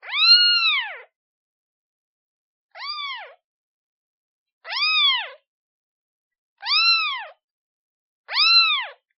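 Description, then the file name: Cat: kitten meowing, five clear arched mews, each rising then falling, spaced about two seconds apart with silence between. Kitten calling for its mother. "Tieng meo con keu tim me"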